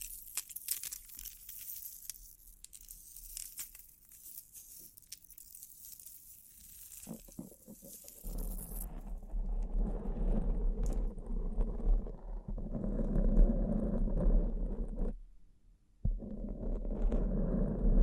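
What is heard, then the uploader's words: Bling triggers open with soft, bright, crinkly scratching for about eight seconds. The sound then shifts to louder, duller rubbing and rustling over a steady low hum. It breaks off briefly around fifteen seconds, then resumes. Bling Bling Triggers.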